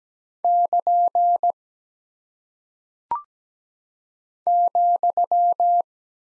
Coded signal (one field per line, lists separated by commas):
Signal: Morse code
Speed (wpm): 17 wpm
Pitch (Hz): 700 Hz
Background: none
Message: <KN> ,